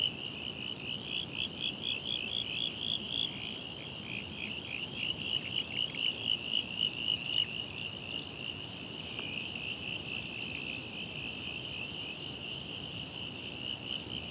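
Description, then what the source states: Frog calling, high rapidly pulsed trills in rhythmic bursts, the pulses swelling and fading, over a continuous low rushing background. Dusk chorus at a local swamp on Phillip Island; frogs start up for the night after the last birds of the day; waves crashing on a nearby surf beach; recorded Spring 2021.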